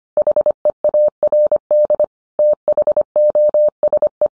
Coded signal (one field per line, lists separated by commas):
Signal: Morse code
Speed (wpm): 25 wpm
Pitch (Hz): 600 Hz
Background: none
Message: HEARD THOSE